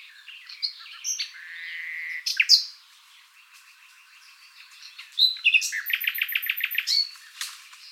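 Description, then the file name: Common nightingale singing varied phrases: a sustained whistle, a sharp loud note, a long quiet level note, then a rapid series of repeated notes. "Luscinia megarhynchos"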